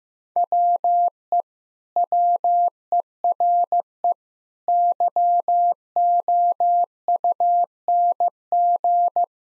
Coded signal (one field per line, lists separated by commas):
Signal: Morse code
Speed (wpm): 15 wpm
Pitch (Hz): 700 Hz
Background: none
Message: WE WERE YOUNG